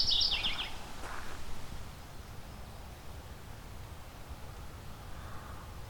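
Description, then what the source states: Mourning Warbler song, a short burst of rapid chirpy notes stepping downward at the very start, then fainter sounds and background noise. Name refers to its descending, mournful tones; described as friendly, not skittish, tolerating people close by.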